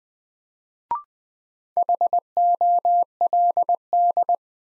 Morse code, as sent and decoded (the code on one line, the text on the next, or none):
.... --- .-.. -..
HOLD